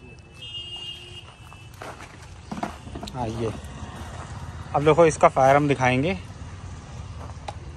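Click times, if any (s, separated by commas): 7.5 s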